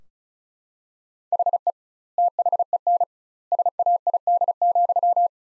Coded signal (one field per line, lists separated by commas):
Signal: Morse code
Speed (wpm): 34 wpm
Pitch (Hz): 700 Hz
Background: none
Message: HE THEN SAID,